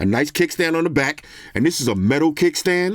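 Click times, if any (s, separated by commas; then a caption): none. A Samsung Galaxy S22-series smartphone is handled against a VRS Design Quickstand Pro, a rigid hybrid protective case with a metal kickstand on the back, while someone talks throughout. The phone has not yet snapped into the case lips; nothing has seated or clicked yet.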